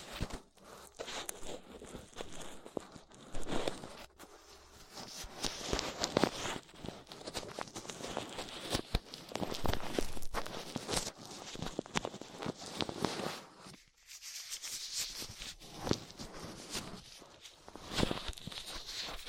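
Ear cleaning sounds made with latex gloves, a dental pick and cotton swabs, a dense run of close scratching, rubbing and crackling. Sharp clicks and scrapes arrive every second or so with uneven loudness. A brief quieter gap falls near fourteen seconds.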